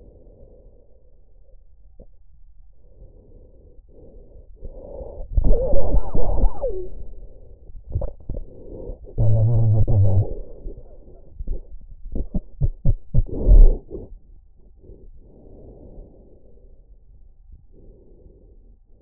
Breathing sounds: lung sounds by stethoscope; trachea; quiet breathing, then cough and speech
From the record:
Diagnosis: interstitial lung disease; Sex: male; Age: 66 years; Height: 172 cm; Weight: 107.6 kg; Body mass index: 36.4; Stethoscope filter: extended mode

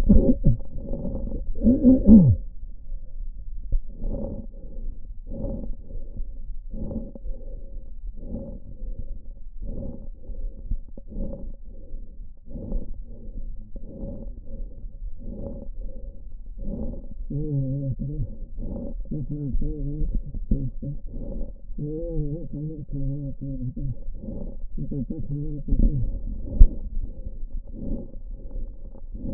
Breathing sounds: lung sounds by stethoscope; left posterior apical chest; quiet breathing, then cough and speech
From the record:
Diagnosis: interstitial lung disease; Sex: male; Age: 72 years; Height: 167 cm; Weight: 74 kg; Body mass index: 26.5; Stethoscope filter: diaphragm mode

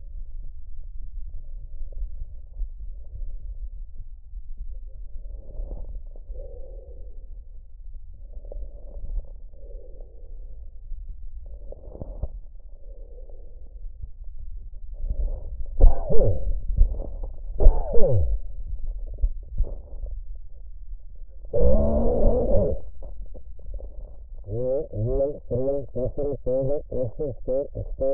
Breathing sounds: lung sounds by stethoscope; trachea; quiet breathing, then cough and speech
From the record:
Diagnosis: pulmonary infection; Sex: male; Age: 54 years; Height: 187 cm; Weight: 95 kg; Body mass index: 27.2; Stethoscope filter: extended mode

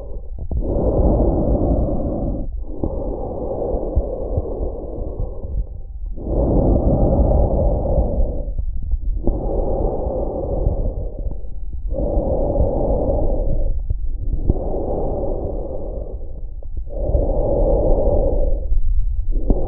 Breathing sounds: lung sounds by stethoscope; trachea; quiet breathing, then deep breathing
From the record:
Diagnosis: COPD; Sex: male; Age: 57 years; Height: 165 cm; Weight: 85.7 kg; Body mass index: 31.5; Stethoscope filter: extended mode

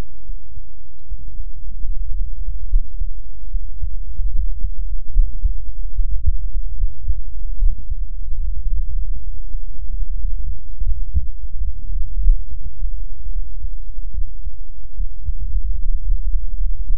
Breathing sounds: lung sounds by stethoscope; right posterior apical chest; quiet breathing, then cough and speech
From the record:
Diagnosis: pulmonary infection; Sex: female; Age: 74 years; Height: 160 cm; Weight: 66 kg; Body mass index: 25.8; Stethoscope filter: bell mode

